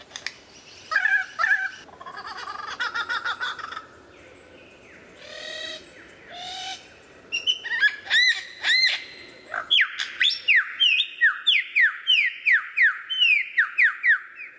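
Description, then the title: White-rumped shama song moving from buzzy rattling phrases and scratchy notes into a fast run of repeated descending whistles. Described as the best murai batu of 2014, used for mastering (song training). "mster Mnuk. Mastering Murai Batu Terbaik 2014"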